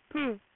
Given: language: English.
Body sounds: throat vibration sensor signal played as sound; speech

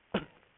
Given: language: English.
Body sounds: throat vibration sensor signal played as sound; cough

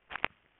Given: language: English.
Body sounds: throat vibration sensor signal played as sound; swallow

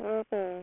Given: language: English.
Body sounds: throat vibration sensor signal played as sound; speech

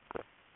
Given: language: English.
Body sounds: throat vibration sensor signal played as sound; swallow

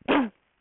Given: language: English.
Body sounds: throat vibration sensor signal played as sound; cough

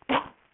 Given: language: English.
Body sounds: throat vibration sensor signal played as sound; cough

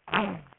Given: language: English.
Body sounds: throat vibration sensor signal played as sound; throat clearing

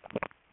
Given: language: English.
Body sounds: throat vibration sensor signal played as sound; swallow

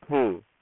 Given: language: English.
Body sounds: throat vibration sensor signal played as sound; speech

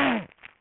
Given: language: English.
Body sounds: throat vibration sensor signal played as sound; throat clearing

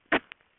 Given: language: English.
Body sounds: throat vibration sensor signal played as sound; cough

